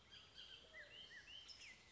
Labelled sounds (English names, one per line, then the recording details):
Bullock's Oriole
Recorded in Sonoma County, California